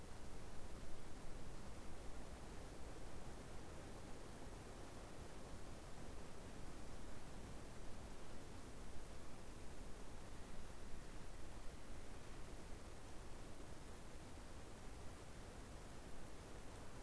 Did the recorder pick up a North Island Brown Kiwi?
no